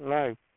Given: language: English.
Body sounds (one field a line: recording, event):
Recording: throat vibration sensor signal played as sound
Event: speech